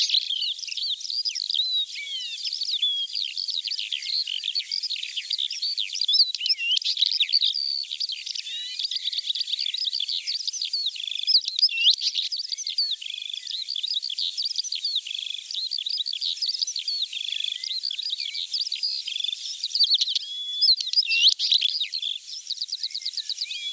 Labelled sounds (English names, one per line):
Northern Wheatear song